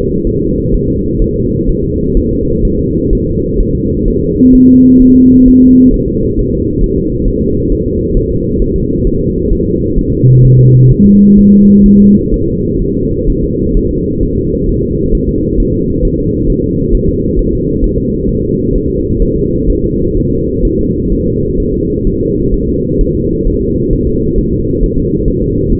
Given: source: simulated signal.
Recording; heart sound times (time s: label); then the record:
fetal heart sounds
0.27 s: S1
0.41 s: S2
0.74 s: S1
0.88 s: S2
1.22 s: S1
1.36 s: S2
1.69 s: S1
1.84 s: S2
2.17 s: S1
2.31 s: S2
2.65 s: S1
2.79 s: S2
3.13 s: S1
3.27 s: S2
3.60 s: S1
3.75 s: S2
4.08 s: S1
4.22 s: S2
4.55 s: S1
4.69 s: S2
5.02 s: S1
5.16 s: S2
5.48 s: S1
5.62 s: S2
5.94 s: S1
6.08 s: S2
6.39 s: S1
6.53 s: S2
6.84 s: S1
6.98 s: S2
7.28 s: S1
7.42 s: S2
7.72 s: S1
7.86 s: S2
8.17 s: S1
8.31 s: S2
8.62 s: S1
8.76 s: S2
9.07 s: S1
9.21 s: S2
9.53 s: S1
9.67 s: S2
9.98 s: S1
10.13 s: S2
10.45 s: S1
10.59 s: S2
10.91 s: S1
11.06 s: S2
11.39 s: S1
11.53 s: S2
11.86 s: S1
12.00 s: S2
12.34 s: S1
12.48 s: S2
12.82 s: S1
12.96 s: S2
13.29 s: S1
13.44 s: S2
13.77 s: S1
13.91 s: S2
14.23 s: S1
14.37 s: S2
14.69 s: S1
14.83 s: S2
15.15 s: S1
15.29 s: S2
15.60 s: S1
15.74 s: S2
16.05 s: S1
16.19 s: S2
16.50 s: S1
16.64 s: S2
16.95 s: S1
17.09 s: S2
17.39 s: S1
17.53 s: S2
17.84 s: S1
17.98 s: S2
18.29 s: S1
18.43 s: S2
18.75 s: S1
18.90 s: S2
19.22 s: S1
19.36 s: S2
19.70 s: S1
19.84 s: S2
20.17 s: S1
20.31 s: S2
20.65 s: S1
20.79 s: S2
21.12 s: S1
21.27 s: S2
21.60 s: S1
21.74 s: S2
22.07 s: S1
22.21 s: S2
22.54 s: S1
22.68 s: S2
23.01 s: S1
23.15 s: S2
23.47 s: S1
23.62 s: S2
23.93 s: S1
24.07 s: S2
24.39 s: S1
24.53 s: S2
24.83 s: S1
24.98 s: S2
25.28 s: S1
25.42 s: S2
25.72 s: S1
From the record:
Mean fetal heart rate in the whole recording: 130 bpm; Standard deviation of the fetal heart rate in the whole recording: 4 bpm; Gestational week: 38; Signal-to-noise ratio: -14.7 dB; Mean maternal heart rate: 72 bpm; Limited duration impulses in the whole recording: present